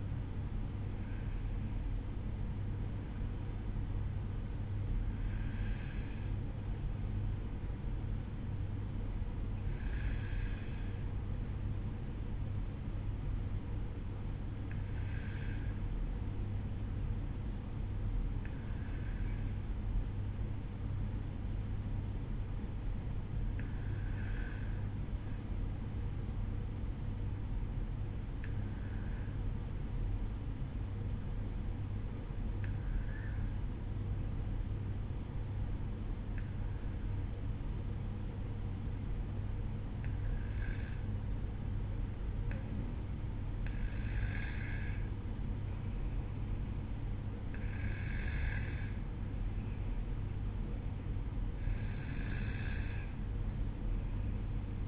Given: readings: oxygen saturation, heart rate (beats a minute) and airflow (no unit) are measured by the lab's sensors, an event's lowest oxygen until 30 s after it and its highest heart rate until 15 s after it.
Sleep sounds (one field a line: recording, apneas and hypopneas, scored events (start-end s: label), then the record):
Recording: breathing in sleep by a smartphone at the bedside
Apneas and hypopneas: 1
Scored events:
27.00-43.20 s: obstructive apnea (N1, oxygen 94% highest, then 93% lowest, heart rate 53 at the start, 57 highest)
From the record:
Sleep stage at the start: N1 (lightest sleep)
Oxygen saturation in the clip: 91 to 95%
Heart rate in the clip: 53 to 62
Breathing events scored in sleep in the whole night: 305 in 9.6 hours asleep